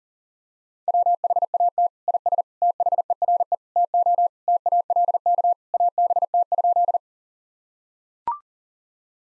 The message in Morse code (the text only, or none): WHAT IS THERE TO TALK ABT?